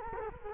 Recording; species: mosquito wingbeat signal from an infrared sensor; Culex quinquefasciatus